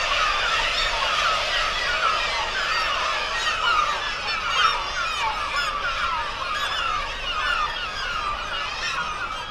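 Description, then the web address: Black-legged kittiwake colony calling: many overlapping harsh, wavering cries in a constant din. "Black legged kittiwake. صدای-پرنده-کاکایی-پاسیاه"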